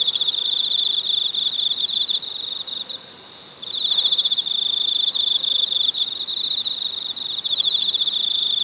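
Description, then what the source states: Cicada chorus of high, rapidly pulsed buzzing, briefly dropping and thinning near the middle before swelling back to a dense, continuous drone. Cicadas recorded in China.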